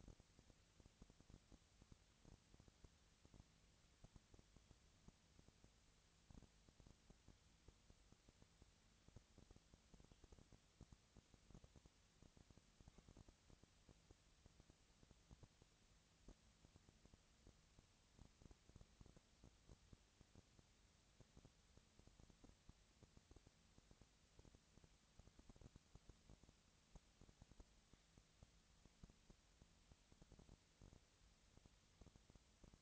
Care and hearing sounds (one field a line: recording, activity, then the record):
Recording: daily activity, microphone in the room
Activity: no activity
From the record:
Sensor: 3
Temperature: 20.4 degrees Celsius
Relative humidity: 34.4%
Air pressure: 997.0 hPa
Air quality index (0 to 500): 205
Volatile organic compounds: 68 ppm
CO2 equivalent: 3498 ppm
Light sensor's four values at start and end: 2/3/2/2 and 2/3/2/2